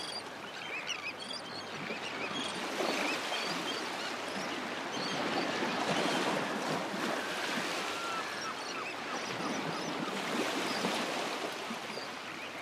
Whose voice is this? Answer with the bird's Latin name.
Thalasseus sandvicensis